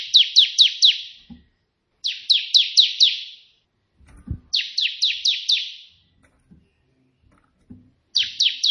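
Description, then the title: Prinia song: bursts of three to five rapid, buzzy downslurred notes, each burst about a second long, repeated at irregular intervals with quiet gaps and faint low thumps. White prenjak song in three 'tembakan' variations, suitable for tutoring pet prenjak. "3 VARIASI TEMBAKAN prenjak putih ini COCOK untuk masteran prenjak anda"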